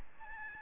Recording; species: mosquito wingbeat signal from an infrared sensor; Aedes albopictus